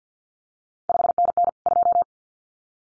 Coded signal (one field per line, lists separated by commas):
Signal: Morse code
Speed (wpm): 50 wpm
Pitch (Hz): 700 Hz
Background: none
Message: 5NN 2